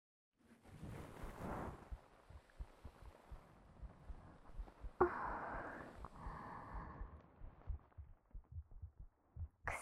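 Steady, soft low heartbeat thumps under cloth rustling and breath noise; an ordinary, regular heartbeat.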